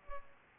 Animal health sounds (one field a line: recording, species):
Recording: mosquito wingbeat signal from an infrared sensor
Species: Culex pipiens